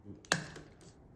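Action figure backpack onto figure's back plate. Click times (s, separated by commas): 0.3 s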